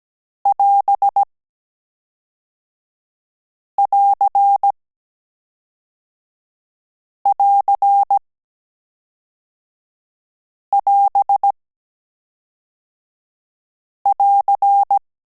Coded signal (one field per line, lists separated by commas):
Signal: Morse code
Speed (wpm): 17 wpm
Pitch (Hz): 800 Hz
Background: none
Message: <AS><AR><AR><AS><AR>